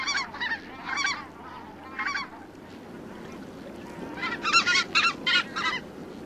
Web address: Songs of Birds of North America Stokes. Emperor Goose